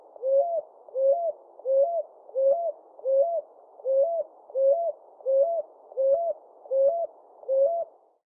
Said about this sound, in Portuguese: Pé de anjo ou rolinha picuí.